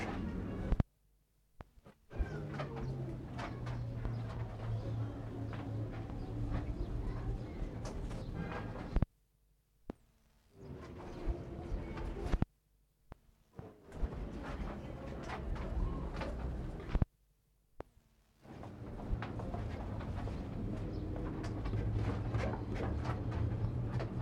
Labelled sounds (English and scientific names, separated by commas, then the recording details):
Polar Bear (Ursus maritimus)
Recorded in captivity
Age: adult
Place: Zirkus Aeros, Berlin, DE
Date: 1960-06-27 18:00
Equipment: Reporter (Vollspur)
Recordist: Tembrock, Günter